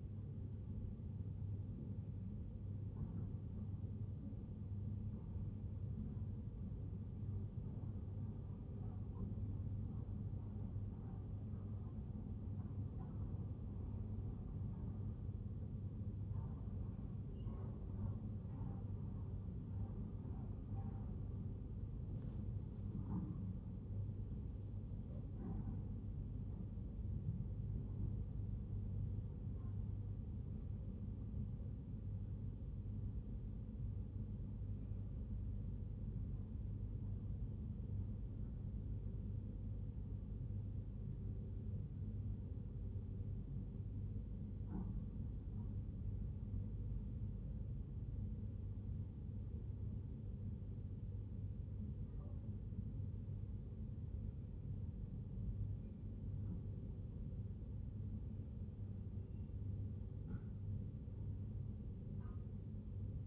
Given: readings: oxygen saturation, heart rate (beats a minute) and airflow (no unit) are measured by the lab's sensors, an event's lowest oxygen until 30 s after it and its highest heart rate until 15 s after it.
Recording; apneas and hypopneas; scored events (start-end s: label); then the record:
breathing in sleep by a smartphone at the bedside; 1
32.00-57.60 s: hypopnea (REM, oxygen 97% highest, then 95% lowest, heart rate 57 at the start, 62 highest)
From the record:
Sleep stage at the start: REM sleep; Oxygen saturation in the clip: 95 to 97%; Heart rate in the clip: 52 to 69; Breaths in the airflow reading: 19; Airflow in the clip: -0.6 to 0.8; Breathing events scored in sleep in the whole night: 51 in 8.9 hours asleep